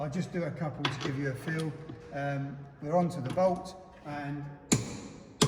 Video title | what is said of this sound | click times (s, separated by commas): AWS Approved Caravan Service – Underbody and Chassis | we're applying pressure until we hear the click the clicks indicating the talk is correct | 5.4 s